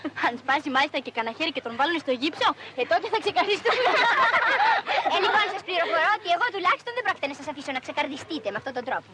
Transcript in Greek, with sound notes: Αν σπάσει μάλιστα κανά χέρι και τον βάλουνε στο γύψο; Ε, τότε θα ξεκαρδιστούμε!
(γελάνε όλες μαζί) Ε, λοιπόν, σας πληροφορώ ότι εγώ τουλάχιστον δεν πρόκειται να σας αφήσω να ξεκαρδιστείτε με αυτόν τον τρόπο.